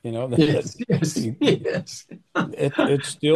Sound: laughs

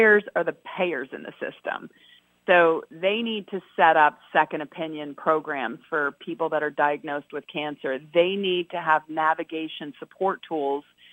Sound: none

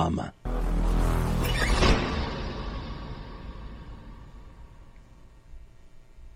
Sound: door slams

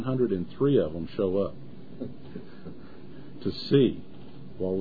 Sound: laughs

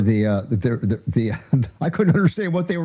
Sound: laughs

